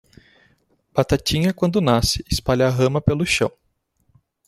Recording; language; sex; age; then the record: short text; Brazilian Portuguese; male; 20 to 29 years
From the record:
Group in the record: control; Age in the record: 25 years